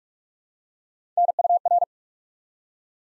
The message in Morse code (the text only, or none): NUR